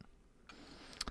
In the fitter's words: buttons you press both of them and it pops out